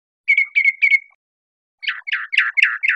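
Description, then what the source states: Northern mockingbird song: three quick whistled notes with a trailing tone, a pause, then a rough series of five falling, buzzy chirps. Recorded 1 October 2003.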